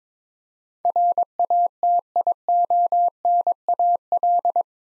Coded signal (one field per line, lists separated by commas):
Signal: Morse code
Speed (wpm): 22 wpm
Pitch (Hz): 700 Hz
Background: none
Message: RATIONAL